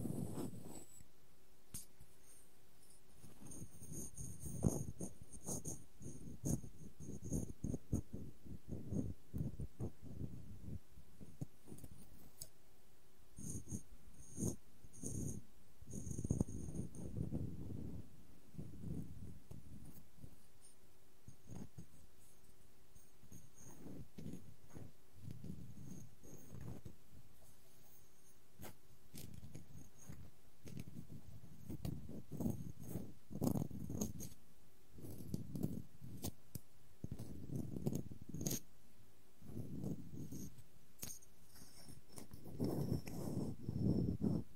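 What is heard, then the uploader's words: Wooden objects tap and scratch in uneven bursts throughout, with dense low knocking and rubbing clustered around 5–10, 14–18, 30–35 and 42–45 seconds. Sharp clicks punctuate the scraping, and a faint high chirping, like insects, persists in the background. ASMR No Talking Wooden Objects Tapping and Scratching.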